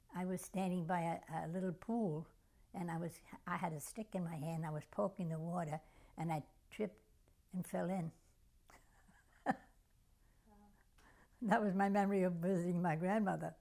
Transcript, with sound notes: I was standing by a little pool and I was-I had a stick in my hand and I was poking the water and I tripped and fell in. [Laughs]
Oh.
That was my memory of visiting my grandmother.